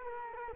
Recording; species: mosquito wingbeat signal from an infrared sensor; Culex quinquefasciatus